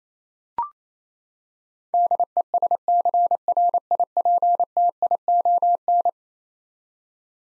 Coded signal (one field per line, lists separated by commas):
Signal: Morse code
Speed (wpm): 28 wpm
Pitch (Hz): 700 Hz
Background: none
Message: DESCRIPTION